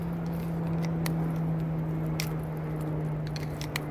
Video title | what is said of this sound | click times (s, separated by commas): Morakniv Bushcraft Knife vs Gerber Strongarm Tactical Grey Knife (SurvivalGeek) | nice locks in place. | 3.8 s